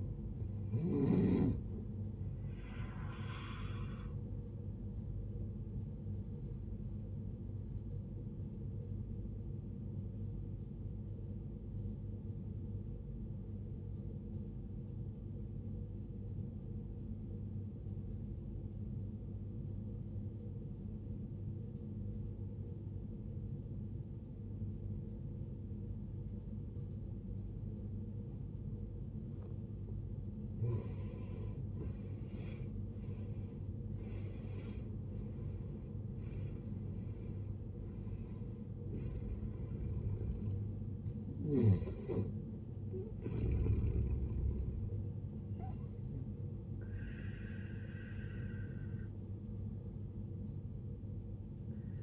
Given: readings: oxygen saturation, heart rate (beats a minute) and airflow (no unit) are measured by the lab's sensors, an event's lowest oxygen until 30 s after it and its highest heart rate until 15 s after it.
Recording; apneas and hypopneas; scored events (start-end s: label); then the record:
breathing in sleep by a smartphone at the bedside; 1
11.00-32.10 s: obstructive apnea (N1, oxygen 92% highest, then 79% lowest, heart rate 57 at the start, 75 highest)
15.00-52.02 s: new sleep stage, N2 (light sleep)
From the record:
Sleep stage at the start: N1 (lightest sleep); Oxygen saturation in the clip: 79 to 92%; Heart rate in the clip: 54 to 79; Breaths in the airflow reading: 7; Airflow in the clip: -16.9 to 18.8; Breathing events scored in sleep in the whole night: 389 in 6.3 hours asleep